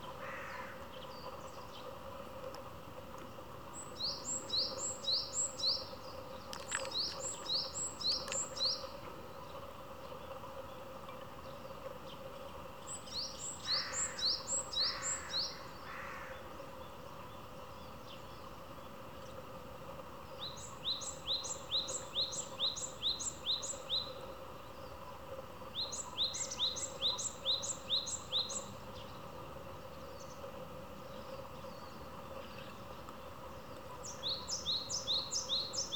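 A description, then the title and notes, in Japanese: A Japanese tit repeats its two-note tsu-pee song in bursts every few seconds over a steady low hum, with a faint twitter at fifteen seconds. シジュウカラちゃんのつーぴーつーぴーをただ聞くだけの動画です。シジュウカラのつーぴーつーぴー。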